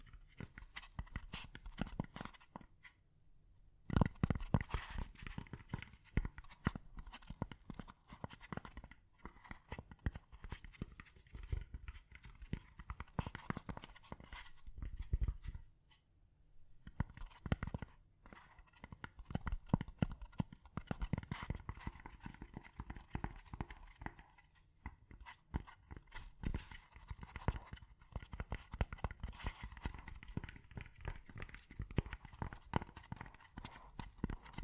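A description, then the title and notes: Gentle tapping runs almost the whole way through, a quick, uneven patter of light knocks that bunch up and thin out, at times sounding like a soft clip-clop. Short quiet gaps break the stream near three, sixteen and twenty-five seconds. ASMR Gently Tapping You to Sleep (No Talking).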